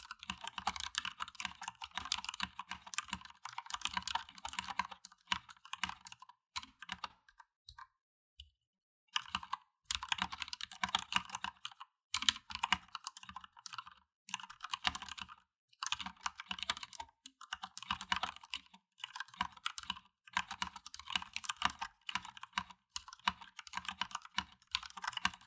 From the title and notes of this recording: ASMR Ducky ONE 2 Tuxedo 燕尾服機械鍵盤 Cherry紅軸 | Keybord Typing. No Talking.